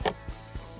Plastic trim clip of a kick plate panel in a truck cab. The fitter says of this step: that's gonna disengage that clip you'll hear it pop